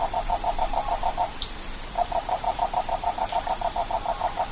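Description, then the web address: Toad calls: rapid pulsed trills, two bursts of evenly spaced notes separated by a short pause, over steady high-pitched insect hiss. Recorded in the Ecuadorian Amazon. "Frogs of Ecuadorian Amazon Bufo typhonius"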